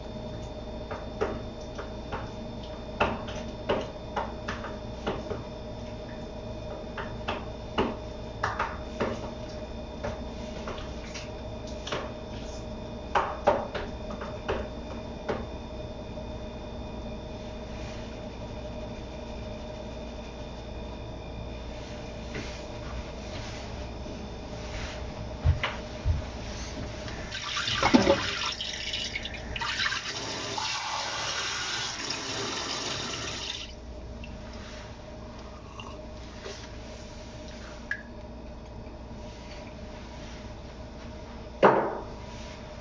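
Kitchen sounds while preparing a sake-lees pickling bed: scattered small knocks and clicks over a steady low hum. Around 27 to 34 seconds, a dense rushing burst like running water, then quieter handling, and a sharp knock near the end.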